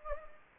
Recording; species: mosquito wingbeat signal from an infrared sensor; Anopheles gambiae